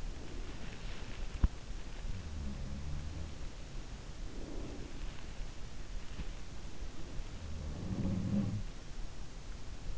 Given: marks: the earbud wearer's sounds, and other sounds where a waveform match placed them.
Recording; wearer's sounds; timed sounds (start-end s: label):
sounds in sleep by an in-ear microphone; breath
0.00-1.29 s: breath
1.74-3.25 s: sound from someone else or the room
4.06-5.21 s: breath
7.28-8.77 s: sound from someone else or the room